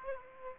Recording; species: mosquito wingbeat signal from an infrared sensor; Aedes aegypti